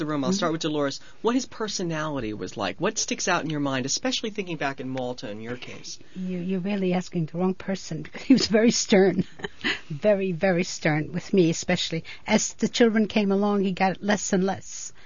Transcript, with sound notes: I'll start with Dolores, what his personality was like, what sticks out in your mind, especially thinking back in Malta, in your case.
You're really asking the wrong person because he was very stern, ( she laughs ) very, very stern with me especially. As the children came along he got less and less and less.